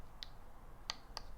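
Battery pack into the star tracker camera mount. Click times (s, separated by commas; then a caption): 0.9 s. A battery pack is fitted one-handed on top of a star tracker camera mount, giving a few short, sharp clicks. The loudest click at 0.9 s is where it clicks into place, though it sits really loose.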